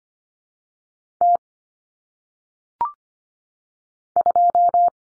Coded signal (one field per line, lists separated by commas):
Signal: Morse code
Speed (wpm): 25 wpm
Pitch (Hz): 700 Hz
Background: none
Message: T 2